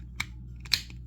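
A plastic peg on a transforming toy robot figure is plugged into its socket to attach an arm. A sharp click at 0.2 s comes before the peg snaps into place with a brighter click at 0.7 s, completing the arm. No one talks during the clip.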